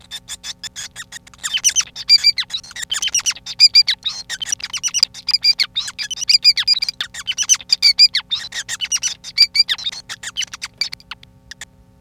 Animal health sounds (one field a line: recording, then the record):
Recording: song of a male Bengalese finch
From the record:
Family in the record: son of father 5